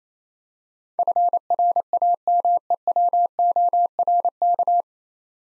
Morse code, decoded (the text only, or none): FRAMEWORK